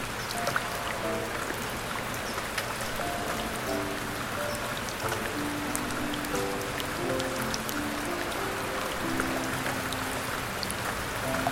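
Steady, dense rain hiss with scattered drips splashing throughout, while soft piano notes play a slow, gentle melody in the low-middle range.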